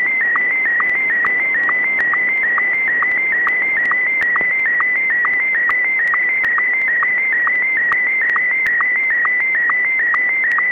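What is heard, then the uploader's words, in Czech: An SSTV transmission from the ISS: a steady, warbling high tone that wavers slightly and drops to a lower blip several times a second in a fast, regular rhythm. A constant bed of radio hiss runs underneath, with occasional sharp clicks. SSTV provoz na ISS – RS0ISS. Při přeletu vesmírné stanice ISS jsem na frekvenci 145.800 MHz zachytil tento obrázek vyslaný pomocí SSTV v módu Martin 1.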